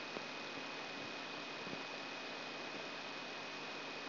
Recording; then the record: brain microelectrode recording played as sound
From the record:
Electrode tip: outside the subthalamic nucleus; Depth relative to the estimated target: 4 mm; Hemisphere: left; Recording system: AlphaMap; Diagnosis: Parkinson's disease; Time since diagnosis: 6 years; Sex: female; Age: 40 years